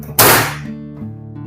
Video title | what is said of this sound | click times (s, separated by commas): AC/എയർകണ്ടീഷനർ നിങ്ങൾക്കും ക്ലീൻ ചെയ്യാം/ AC ഉപയോഗിക്കുമ്പോൾ പ്രധാനമായും ശ്രദ്ധിക്കേണ്ട കാര്യങ്ങൾ | ലോക്ക് ആയിട്ടുണ്ട് കേട്ടോ | 0.2 s